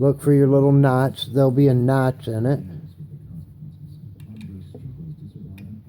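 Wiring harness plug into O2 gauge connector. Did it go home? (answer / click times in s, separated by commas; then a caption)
no / none. Someone talks while handling a wiring harness plug being lined up to go into the connector on a wideband O2 gauge. After the talking stops, faint handling ticks and rustles are heard. Nothing has seated or clicked yet.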